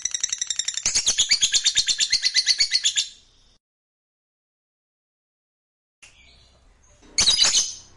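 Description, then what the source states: Lovebird singing a fast, pulsed, buzzy high chatter for about three seconds, then a pause before another sharp, shrill burst near the end. Fighter lovebird singing energetically (gacor).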